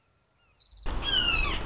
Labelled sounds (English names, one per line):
Red-shouldered Hawk